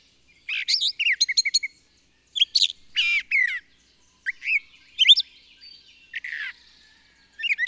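Bird song: bursts of fast twittered chirps and high notes, broken by short silences.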